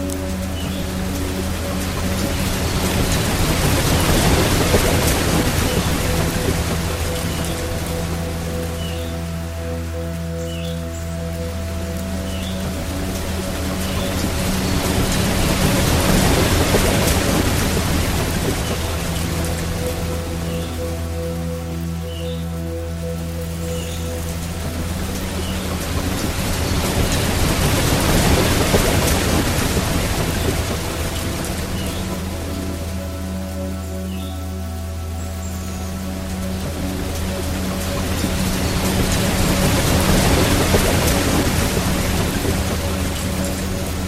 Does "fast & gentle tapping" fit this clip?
no